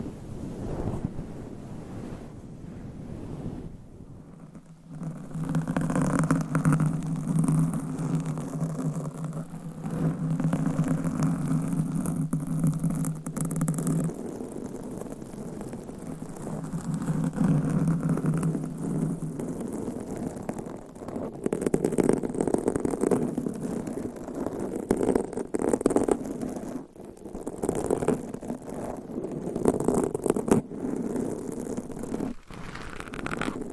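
Nails scratch and scrape across microphone covers in dense, rough bursts, with steady low rubbing stretches and sharp crackling scrapes throughout.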